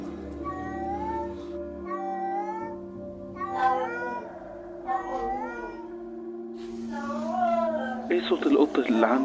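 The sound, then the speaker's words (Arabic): A black cat meows repeatedly, about five drawn-out, wavering, high-pitched cries spaced a second or two apart over a steady low hum, ending in a louder, strained caterwaul mixed with rustling noise. “يا ماما انا ما بحبش القطة السودة دي، مزعجة قوي يا ماما وبخاف منها.”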